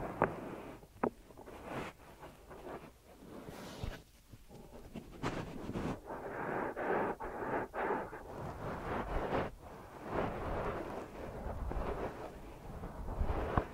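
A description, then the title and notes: Deep ear massage sounds: dense rubbing and rustling with muffled low thuds, uneven swells, and sharper scratchy bursts near one, four, and thirteen seconds. ASMR Deep Ear Massage for Sleep(No Talking).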